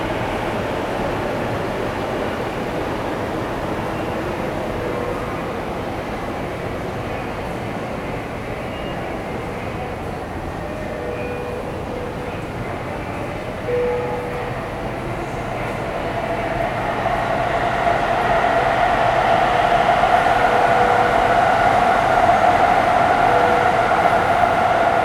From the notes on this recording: Field-recorded at Takanawa Gateway Sta., Tokyo.